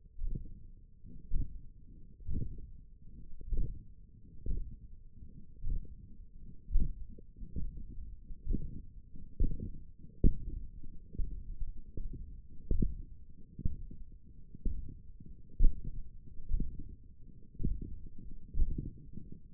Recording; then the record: forearm muscle sounds (acoustic myography)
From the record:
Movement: radial deviation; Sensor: system 1, eight BSWA MPA416 microphones around the upper forearm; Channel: 4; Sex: male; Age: 21 years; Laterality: right